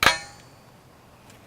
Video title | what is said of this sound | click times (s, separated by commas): Budget Rifle Bipod....Made of Carbon Fiber! | mash it in until it clicks and then it's set into place so | 0.1 s